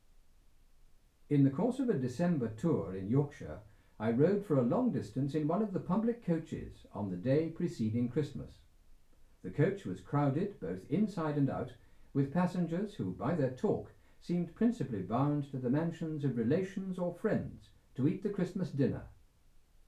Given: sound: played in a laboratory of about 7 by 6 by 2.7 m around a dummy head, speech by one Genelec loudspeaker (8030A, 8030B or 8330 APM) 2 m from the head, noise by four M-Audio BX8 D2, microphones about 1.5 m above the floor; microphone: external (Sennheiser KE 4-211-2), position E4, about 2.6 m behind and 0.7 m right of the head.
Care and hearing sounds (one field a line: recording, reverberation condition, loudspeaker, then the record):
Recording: male speech in English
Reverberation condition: low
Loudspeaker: behind (180 degrees)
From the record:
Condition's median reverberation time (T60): about 310 ms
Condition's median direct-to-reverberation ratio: about 3.5 dB